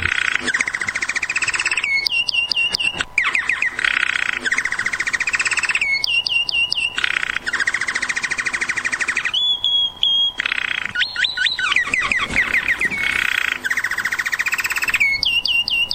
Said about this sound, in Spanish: Hoy tenemos un día especial con el fondo de Jilguero cantando.